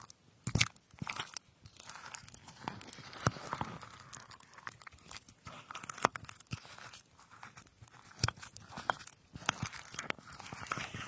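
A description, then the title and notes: A knife cuts through strawberries, giving sharp, crisp taps on a board at an irregular pace, with louder chops near the start and around the middle. Between the cuts come soft, moist squishing and rustling, all quiet. Cutting fruits like strawberries.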